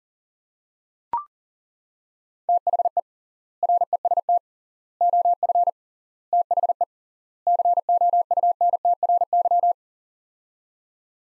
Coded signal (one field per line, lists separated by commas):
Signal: Morse code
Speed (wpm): 37 wpm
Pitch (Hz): 700 Hz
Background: none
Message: THE REST OF THE COUNTRY